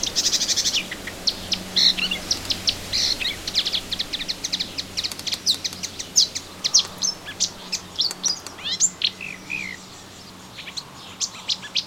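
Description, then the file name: Melodious warbler pouring out a long, fast, chattering warble of high clicks and squeaks that fades toward the end. Recorded in a garden on 25 June 2017. "Orpheusspötter 2017 06 25 Garten"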